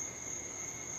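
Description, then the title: Cricket trill, constant and piercing, level and even throughout, with a quieter steady lower tone beneath. "Cricket Therapy"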